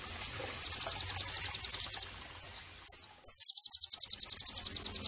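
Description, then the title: White-eye giving thin sliding whistles then a rapid, very high trill, a brief break, more whistles and another fast trill. Gacor (vigorously singing) white-eye used as therapy and bird-training (masteran) audio. "Pleci Gacor 05. terapi pleci dextro 87 plus masteran kenari sahduOmAcuz Dextro87 channel"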